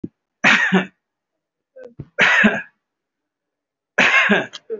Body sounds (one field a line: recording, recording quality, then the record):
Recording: shallow voluntary cough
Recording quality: excellent, no background noise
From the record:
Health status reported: recovered from COVID-19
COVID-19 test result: positive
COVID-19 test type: RT-PCR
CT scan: taken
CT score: 0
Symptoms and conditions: breathing difficulty, fatigue, muscle pain, pneumonia, another respiratory illness, hypertension, another condition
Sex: male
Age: 54 years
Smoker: yes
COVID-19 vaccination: none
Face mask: not worn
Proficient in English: yes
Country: India